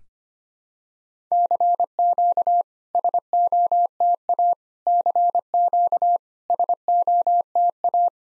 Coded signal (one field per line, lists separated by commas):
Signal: Morse code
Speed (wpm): 25 wpm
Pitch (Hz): 700 Hz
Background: none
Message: CQ SOTA CQ SOTA